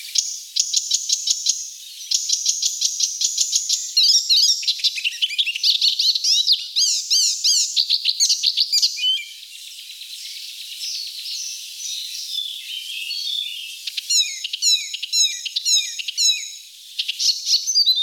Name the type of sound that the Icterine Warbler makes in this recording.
song